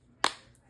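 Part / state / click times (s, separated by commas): smartphone into protective phone case / seated / 0.2 s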